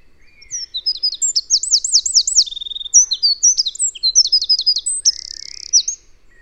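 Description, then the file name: Eurasian wren song: a rapid, loud outpouring of high twittering notes and fast rattling trills, with a brief buzzy trill near the end. "Troglodytes troglodytes"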